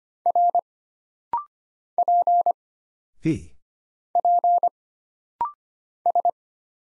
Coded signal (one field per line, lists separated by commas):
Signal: Morse code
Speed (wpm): 25 wpm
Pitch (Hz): 700 Hz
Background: none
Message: R P P S